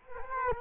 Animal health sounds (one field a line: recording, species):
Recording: mosquito wingbeat signal from an infrared sensor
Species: Culex quinquefasciatus